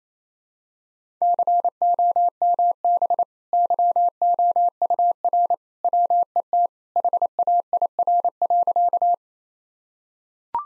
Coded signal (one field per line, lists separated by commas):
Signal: Morse code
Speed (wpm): 27 wpm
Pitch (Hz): 700 Hz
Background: none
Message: COMB YOUR WET HAIR.